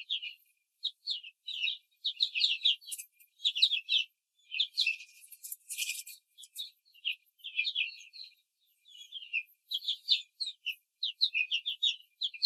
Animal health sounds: young laying hens in a cage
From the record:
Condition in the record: control cage, after the stress test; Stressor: none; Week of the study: 4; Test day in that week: 1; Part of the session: 3

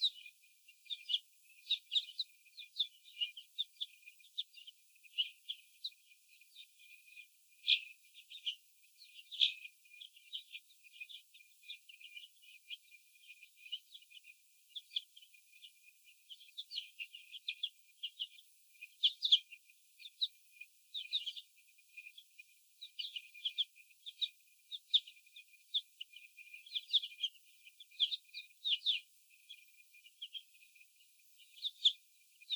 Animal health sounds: young laying hens in a cage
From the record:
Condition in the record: after the stressor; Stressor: sudden umbrella opening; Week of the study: 2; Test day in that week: 1

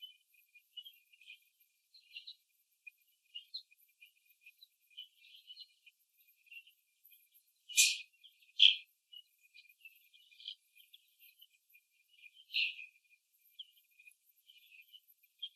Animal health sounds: young laying hens in a cage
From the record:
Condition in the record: after the stressor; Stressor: simulated dog barking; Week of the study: 2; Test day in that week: 3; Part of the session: 1

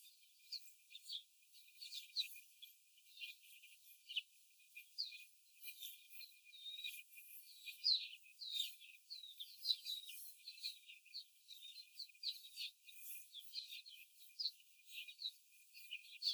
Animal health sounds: young laying hens in a cage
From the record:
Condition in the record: before the stressor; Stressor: simulated dog barking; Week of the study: 4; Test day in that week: 1

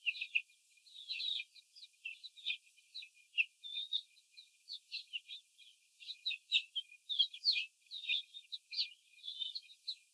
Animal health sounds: young laying hens in a cage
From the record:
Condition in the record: before the stressor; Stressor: simulated dog barking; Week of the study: 4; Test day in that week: 3

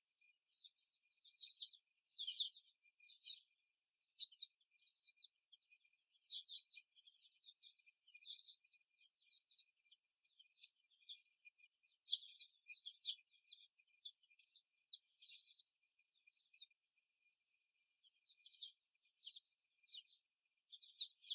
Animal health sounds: young laying hens in a cage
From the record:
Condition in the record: after the stressor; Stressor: simulated dog barking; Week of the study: 1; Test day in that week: 2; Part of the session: 1

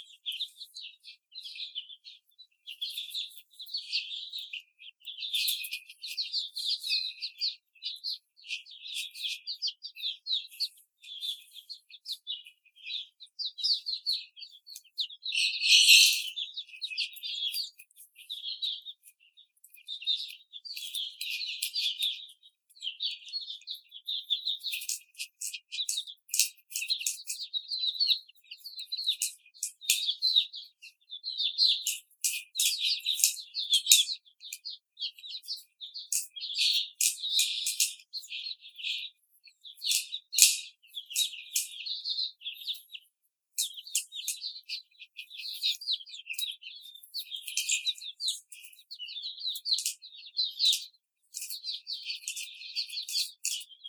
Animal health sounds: young laying hens in a cage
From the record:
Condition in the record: after the stressor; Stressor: simulated dog barking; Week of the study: 4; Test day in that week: 2

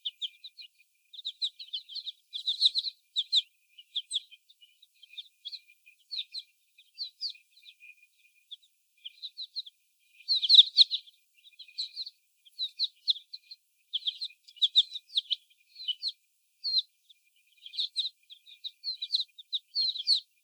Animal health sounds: young laying hens in a cage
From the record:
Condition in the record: before the stressor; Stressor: sudden umbrella opening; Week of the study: 1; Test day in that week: 1

